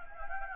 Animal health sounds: mosquito wingbeat signal from an infrared sensor; Anopheles gambiae

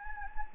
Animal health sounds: mosquito wingbeat signal from an infrared sensor; Anopheles gambiae

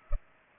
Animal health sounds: mosquito wingbeat signal from an infrared sensor; Culex pipiens

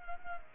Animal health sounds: mosquito wingbeat signal from an infrared sensor; Culex pipiens

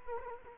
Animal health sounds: mosquito wingbeat signal from an infrared sensor; Culex quinquefasciatus

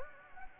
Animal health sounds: mosquito wingbeat signal from an infrared sensor; Anopheles gambiae

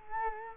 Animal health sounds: mosquito wingbeat signal from an infrared sensor; Culex quinquefasciatus

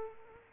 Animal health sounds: mosquito wingbeat signal from an infrared sensor; Culex quinquefasciatus

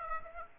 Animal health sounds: mosquito wingbeat signal from an infrared sensor; Aedes aegypti

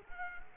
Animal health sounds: mosquito wingbeat signal from an infrared sensor; Culex quinquefasciatus

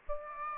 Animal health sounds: mosquito wingbeat signal from an infrared sensor; Aedes aegypti

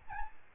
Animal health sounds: mosquito wingbeat signal from an infrared sensor; Aedes albopictus

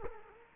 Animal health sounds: mosquito wingbeat signal from an infrared sensor; Culex quinquefasciatus

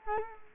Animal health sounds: mosquito wingbeat signal from an infrared sensor; Culex quinquefasciatus

